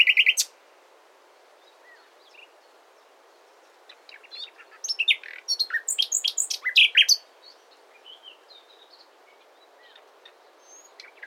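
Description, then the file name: Common nightingale song in scattered bursts: a sharp opening note, long quiet gaps with soft chirps, then a dense jumble of varied high notes and short trills near the middle. "Luscinia megarhynchos"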